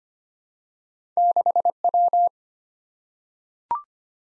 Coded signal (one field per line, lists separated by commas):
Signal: Morse code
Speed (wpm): 25 wpm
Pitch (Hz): 700 Hz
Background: none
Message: 6W